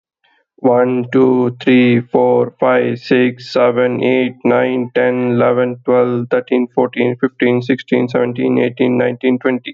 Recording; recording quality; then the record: counting at a normal pace; excellent, no background noise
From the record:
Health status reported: healthy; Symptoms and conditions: none ticked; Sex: male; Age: 37 years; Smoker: not ticked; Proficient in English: yes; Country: India